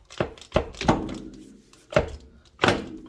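A steel CV axle's inner spline is pushed into the transmission differential of a Honda Prelude, with several heavy metallic thunks at about 0.2, 0.6 and 0.9 s as it is worked in. It clunks home at 2.0 s and again at 2.6 s, its retaining clip engaging and the axle seated.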